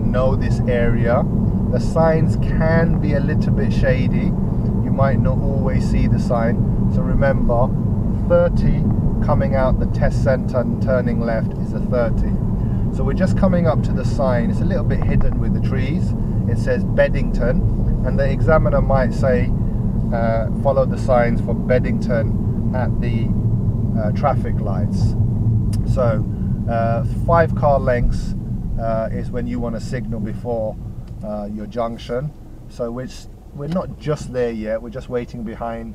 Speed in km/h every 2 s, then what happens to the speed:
47, 48, 48, 47, 45, 44, 42, 40, 40, 40, 37, 35, 29, 21, 10, 0, 0, 0.
0-5 steady at about 48. 5-30 slows to 0. 30-36 standing.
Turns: none.